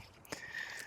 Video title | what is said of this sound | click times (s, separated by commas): Installing the Brand New Morimoto X3B 3rd Brake Light on my 2024 GMC Canyon! | Make sure it clicks. | 0.3 s